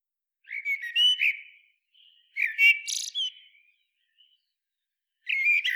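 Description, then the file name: Eurasian blackbird giving soft flute-like warbled phrases with a high, scratchy flourish at the end, two full strophes followed by the start of a third. "Turdus merula"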